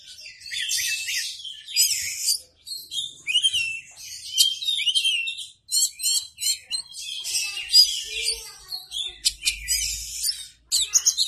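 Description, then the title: Oriental magpie-robin delivering a rich, varied song of quick whistles, buzzy notes and trills in short bursts separated by brief gaps, with a faint low hum at times. "Kacer"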